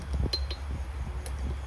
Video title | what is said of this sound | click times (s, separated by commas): ลองทำตามYouTubeเปลี่ยนชุดอะไหล่ซีลเพลาPTOคูโบต้า L4508DI #แทรกเตอร์คูโบต้า #รถไถ #ซีลเพลา | ใช้ครีมถางนะครับตัวนี้เสร็จแล้วครับล็อคเรียบร้อย | 0.3 s